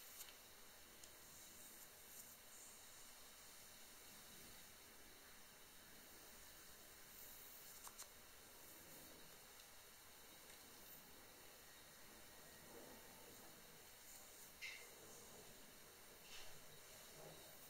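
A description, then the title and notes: Light touches of makeup brushes over hair make a soft, steady hiss that runs through the whole clip without real pauses. Brief, slightly brighter swishes stand out around the eighth second and again near fifteen and sixteen and a half seconds. Light touch, makeup brushes, hair.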